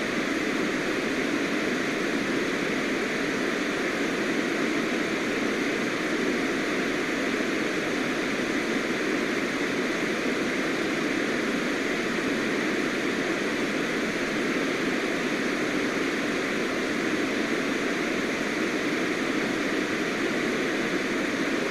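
White noise plays as a constant, even hiss covering low to high pitches, with no breaks or changes in level across the whole stretch. Its dense, rushing texture resembles the steady roar of a jet engine or airplane cabin.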